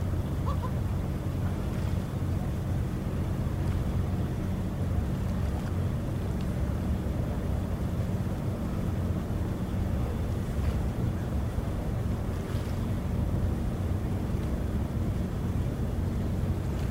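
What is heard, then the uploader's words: A ferry engine drones low and steady across Sydney Harbour, with a constant rumble, faint city noise behind, and occasional brief clicks. Sydney Harbour. Recorded LIVE between the Harbour Bridge and the iconic Opera House as night falls on Australia’s most well-known place, known as the Emerald City.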